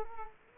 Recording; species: mosquito wingbeat signal from an infrared sensor; Culex quinquefasciatus